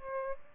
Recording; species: mosquito wingbeat signal from an infrared sensor; Aedes albopictus